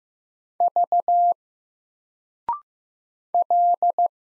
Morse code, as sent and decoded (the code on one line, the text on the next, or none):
...- / .-..
V L